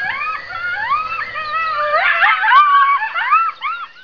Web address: coyote coyote